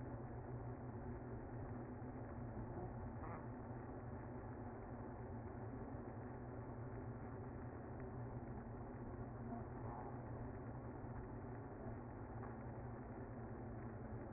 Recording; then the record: honeybee colony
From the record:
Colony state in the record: active